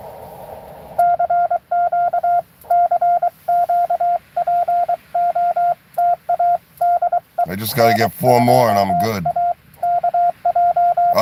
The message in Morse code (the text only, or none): CQ CQ POTA DE N2AKJ